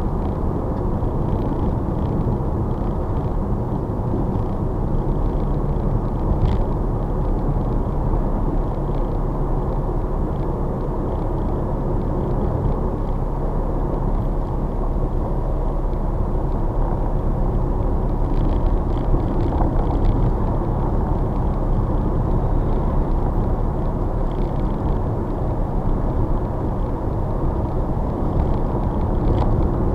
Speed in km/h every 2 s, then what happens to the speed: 53, 52, 52, 52, 55, 55, 58, 60, 61, 63, 64, 64, 64, 64, 64.
0-5 steady at about 52. 5-20 speeds up to 64. 20-30 steady at about 64.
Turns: none.